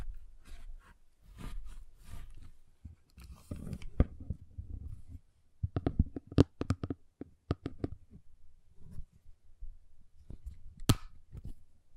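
A giant chocolate bar is tapped, cut and snapped, giving irregular bursts of sharp clicks and crisp cracks. A dense cluster of quick snaps arrives around six to eight seconds, with one loud crack near eleven seconds and soft low rustling between the bursts.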